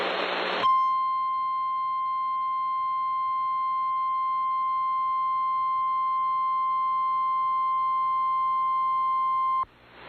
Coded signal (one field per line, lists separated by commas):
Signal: Emergency Alert System (SAME) tones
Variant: 1050 Hz attention tone